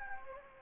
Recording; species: mosquito wingbeat signal from an infrared sensor; Anopheles gambiae